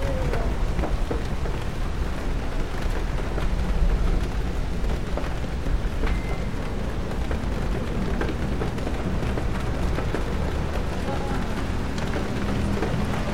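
Rain patters on a bookstore window in a steady, dense wash, with a low rumble underneath and faint scattered taps throughout.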